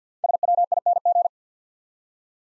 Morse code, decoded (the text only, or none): SWING